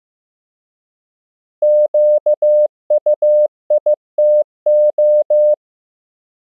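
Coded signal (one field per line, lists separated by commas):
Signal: Morse code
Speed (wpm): 15 wpm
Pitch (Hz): 600 Hz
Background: none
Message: QUITO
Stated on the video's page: Morse practice at 15 WPM: mixed English words and ham QSO patterns, each followed by time to copy by ear; generated by a Morse app.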